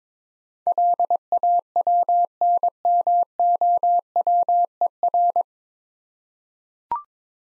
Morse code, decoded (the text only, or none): LAWNMOWER